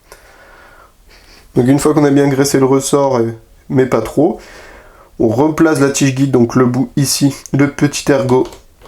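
Someone talks while handling the greased recoil spring and guide rod of a gas blowback airsoft pistol, positioning the small lug at the rod's end toward the hop-up block. Faint handling noises sit under the speech, with brief sharp sounds near 0.1 s and at the very end. Nothing has seated or clicked yet; the lug is not yet home on the hop-up block.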